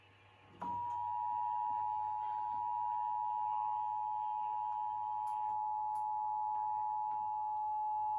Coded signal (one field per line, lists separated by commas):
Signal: Emergency Alert System (SAME) tones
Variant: 853 and 960 Hz attention tone